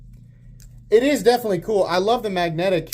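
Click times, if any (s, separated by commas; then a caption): 0.6 s. A Leatherman multitool with a MagnaCut blade has its handles folded closed onto its body, and they snap into place with help from magnets, giving a short, sharp metal click at 0.6 s. The handles seat closed, and then someone talks from about 0.9 s.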